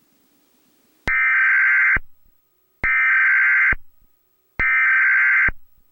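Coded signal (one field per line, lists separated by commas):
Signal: Emergency Alert System (SAME) tones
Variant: header bursts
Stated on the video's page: Fictional EAS scenario based on SCP-354.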